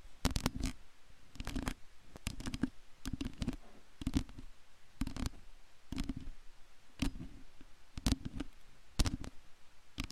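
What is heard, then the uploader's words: Long nails scratch close against a microphone in quick, dry strokes that come in short bursts about once a second. Each burst pairs a sharp, bright scrape with a dull low thump, and faint hiss fills the gaps between them. Brain Melting Long Nail Mic Scratching ASMR! (No Talking).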